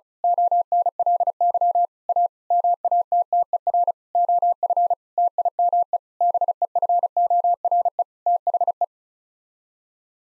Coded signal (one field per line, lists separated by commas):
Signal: Morse code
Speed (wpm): 36 wpm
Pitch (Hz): 700 Hz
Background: none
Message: ONLY A MATTER OF TIME BEFORE THE